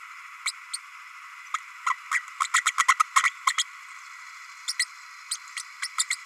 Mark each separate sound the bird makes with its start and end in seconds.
0.45-0.51, 0.73-0.78, 1.54-1.57, 1.86-1.94, 2.11-2.21, 2.44-2.47, 2.53-2.61, 2.65-2.72, 2.77-2.86, 2.88-2.94, 2.99-3.03, 3.23-3.31, 3.46-3.53, 3.58-3.63, 4.67-4.73, 4.79-4.86, 5.31-5.37, 5.56-5.63, 5.82-5.87, 5.98-6.04, 6.10-6.15